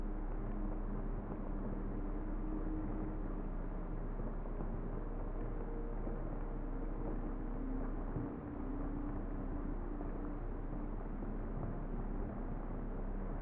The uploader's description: ambient sleep music, seamlessly intertwined with the gentle melody of raindrops and the calming embrace of white noise